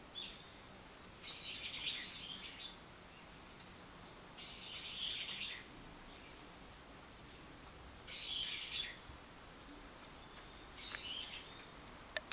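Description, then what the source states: Bird calling in four separate bursts of high chirping, spaced three to four seconds apart, ending with a sharp click. Recorded 24 March 2023.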